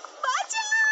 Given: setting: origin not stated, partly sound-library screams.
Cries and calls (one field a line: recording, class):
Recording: one-second piece from a danger detection set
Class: woman in danger